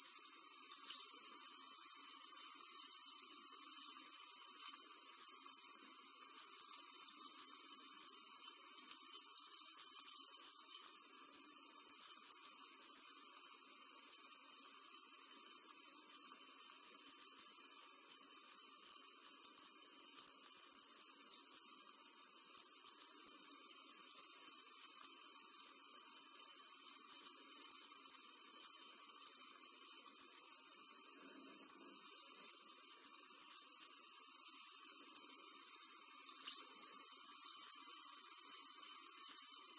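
A juicer runs steadily throughout, a constant high whine with a thinner tone in the middle, holding an even level the whole time. Small bumps and rattles come through around ten seconds and again near thirty-two seconds.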